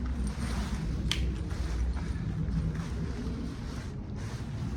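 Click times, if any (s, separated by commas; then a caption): 1.1 s. The center point of a Night Cat four-person pop-up blackout tent is lifted, putting the side hub pole joint of the tent frame under tension until it snaps. A sharp click sounds at 1.1 s over steady low rumbling noise. The hub locks into place.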